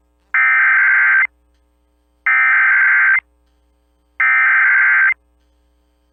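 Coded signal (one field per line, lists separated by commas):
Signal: Emergency Alert System (SAME) tones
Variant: header bursts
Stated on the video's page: NOAA Weather Radio alerts for a derecho hitting central Iowa and Des Moines.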